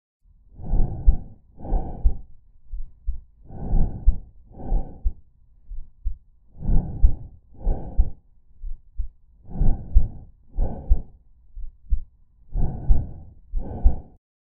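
Normal tracheal breath sounds heard just above the suprasternal notch or at the lateral borders of the neck near the trachea: five even breath cycles at about 20 a minute, each a loud, hollow, harsh rush on breathing in followed by an equally loud one on breathing out, with no musical tone. The sound shows air passing freely through a patent airway.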